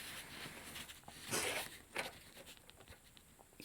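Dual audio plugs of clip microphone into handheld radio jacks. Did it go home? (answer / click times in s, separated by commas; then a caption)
no / none. The 2.5 mm and 3.5 mm plugs of a Kenwood EMC-3 clip microphone with earphone cable are lined up with the jacks on a handheld radio, with a little piece of thread in the way. Only soft handling rustles and faint ticks are heard, with a brief louder rustle near 1.3–1.6 s and another near 2.0 s. Nothing has been pushed in or clicked into place yet.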